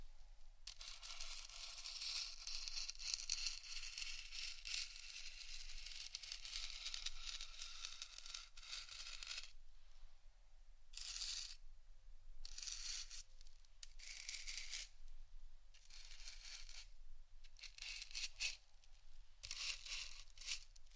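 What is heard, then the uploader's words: Intense scratching, dense and gritty, runs almost continuously for the first nine and a half seconds. After that it breaks into shorter bursts of one to two seconds with brief gaps between them. A low steady hum sits underneath throughout. ASMR Intense Scratching. (No Talking).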